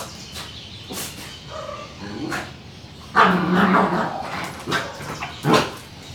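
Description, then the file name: Dog growling and huffing in uneven rough bursts, with a low rumbling growl midway and scuffling noises around it. Dog growling, huffing and running indoors. "Cachorro rosnando, bufando e correndo dentro de casa com passaros longe"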